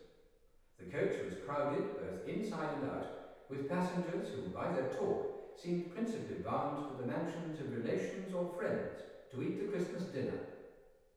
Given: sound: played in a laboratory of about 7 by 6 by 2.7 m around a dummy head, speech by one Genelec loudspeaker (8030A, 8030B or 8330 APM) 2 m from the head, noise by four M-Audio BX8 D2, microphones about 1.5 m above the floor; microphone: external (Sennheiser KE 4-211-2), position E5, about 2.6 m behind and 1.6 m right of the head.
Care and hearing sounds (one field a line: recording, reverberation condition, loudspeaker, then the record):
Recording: male speech in English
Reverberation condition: high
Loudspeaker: 30 degrees to the left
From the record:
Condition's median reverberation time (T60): about 1300 ms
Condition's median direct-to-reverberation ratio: about -4.0 dB